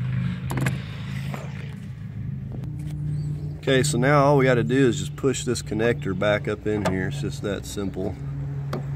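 A wiring harness connector is handled as it is about to be pushed back up into the new rear hatch latch assembly of a 2012-2018 Ford Focus, while someone talks over a steady low hum. A few brief handling taps sound near the start and one sharp tap sounds at the very end, but nothing has seated or clicked yet.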